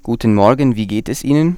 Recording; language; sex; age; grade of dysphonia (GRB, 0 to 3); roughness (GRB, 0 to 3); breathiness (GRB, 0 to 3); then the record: spoken sentence; German; male; 20 to 29 years; 0; 0; 0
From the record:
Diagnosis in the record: healthy voice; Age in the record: 21 years